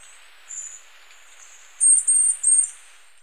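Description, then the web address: White-tailed tyrannulet calls: a faint high note, then a quick run of three thin, very high-pitched notes near the end, over a soft steady background hiss. Ecuador. "Birds of Ecuador White-tailed Tyrannulet"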